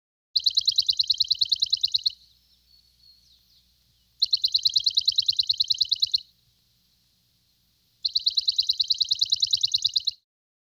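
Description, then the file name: Sparrow song: three identical bursts of rapid, high, evenly pulsed chirping, each lasting about two seconds with gaps of about two seconds between them. "Sparrow Sings"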